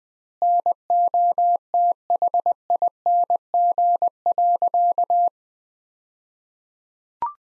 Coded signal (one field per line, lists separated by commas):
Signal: Morse code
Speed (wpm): 20 wpm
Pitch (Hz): 700 Hz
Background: none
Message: NOTHING.